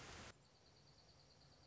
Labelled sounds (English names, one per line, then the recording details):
Dark-eyed Junco
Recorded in Sonoma County, California